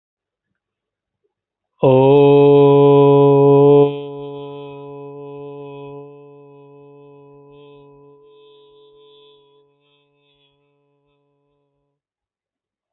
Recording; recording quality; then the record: sustained vowel as in boot; excellent, no background noise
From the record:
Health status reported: healthy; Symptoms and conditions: diabetes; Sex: male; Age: 35 years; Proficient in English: yes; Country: India